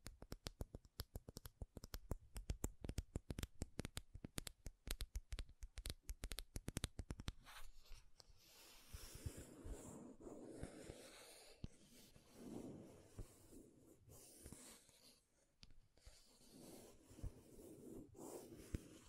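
Makeup tapping and scratching: for the first seven seconds, quick sharp taps come in a dense, fairly regular stream. After that the taps thin out into a softer, continuous scratching and rubbing with swelling strokes and occasional clicks, lower and more muffled than the opening taps.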